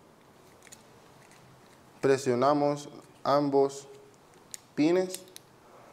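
Someone talks while handling a reusable laparoscopic instrument, pressing both pins to insert its inner part into the shaft/handle, with faint handling taps near 0.7 s and a brief sharp tap near 4.5 s. The insert has not seated or clicked into place yet.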